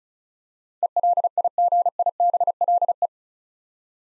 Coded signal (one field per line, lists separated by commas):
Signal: Morse code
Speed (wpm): 34 wpm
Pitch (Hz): 700 Hz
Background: none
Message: ELIGIBLE